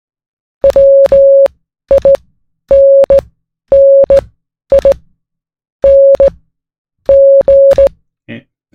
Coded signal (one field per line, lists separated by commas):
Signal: Morse code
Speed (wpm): 16 wpm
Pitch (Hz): 550 Hz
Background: none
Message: WINNING